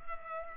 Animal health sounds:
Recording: mosquito wingbeat signal from an infrared sensor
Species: Culex pipiens

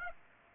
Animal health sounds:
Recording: mosquito wingbeat signal from an infrared sensor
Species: Aedes aegypti

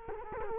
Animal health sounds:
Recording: mosquito wingbeat signal from an infrared sensor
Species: Culex quinquefasciatus

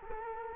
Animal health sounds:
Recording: mosquito wingbeat signal from an infrared sensor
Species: Culex quinquefasciatus

